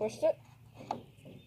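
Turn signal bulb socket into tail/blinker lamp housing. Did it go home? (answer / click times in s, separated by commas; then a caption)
yes / 0.9 s. A Ford F250 turn-signal bulb socket is set into the grooves of the plastic tail/blinker lamp housing and twisted while someone talks. A single sharp click sounds at 0.9 s as the socket twist-locks into place in the housing.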